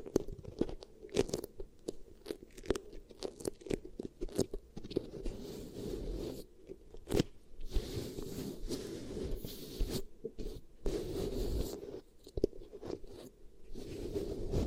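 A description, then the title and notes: Sticky crackling and squishing of beeswax handled right at the ear, with dense clicks and scrapes and brief quiet pauses between bursts. ASMR Really Nice Beeswax Ear Triggers for SLEEP (No Talking).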